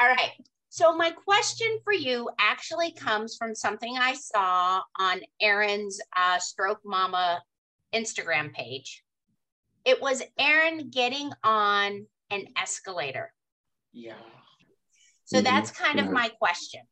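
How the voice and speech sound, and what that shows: One woman asks a question in clear, fluent conversational speech with ordinary pauses and normal voice.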